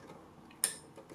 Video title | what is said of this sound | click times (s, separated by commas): Cash Drawer Not Opening Trouble Shooting Tutorial Sam4S SPS-2300 SamTouch Touch Screen Till System | Clicks into place. | 0.6 s